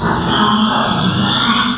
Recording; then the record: squeal of a Yucatan mini pig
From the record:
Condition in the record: after surgery on the right vocal fold (resection and tissue-engineered implant); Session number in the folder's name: 16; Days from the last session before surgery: 183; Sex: female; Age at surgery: 19 weeks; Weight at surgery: 25 kg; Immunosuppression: prednisolone